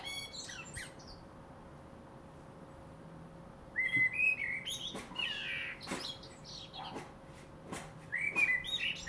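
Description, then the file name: Common blackbird song: a few high notes at the start, a quiet spell, then from midway a string of fluty whistles and scratchy high notes with sharp clicks, a steady hum underneath. "Turdus merula"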